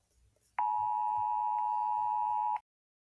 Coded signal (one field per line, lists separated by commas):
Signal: Emergency Alert System (SAME) tones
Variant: 853 and 960 Hz attention tone